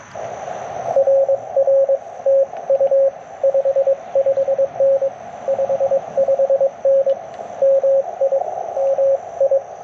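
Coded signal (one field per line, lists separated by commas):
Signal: Morse code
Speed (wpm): 22 wpm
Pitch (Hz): 540 Hz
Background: radio noise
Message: RR TU 55N 55N MI MI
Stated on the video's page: CW POTA activation in a national forest using a Yaesu FT-891, Modern Morse paddles and a Chelegance MC-750 antenna.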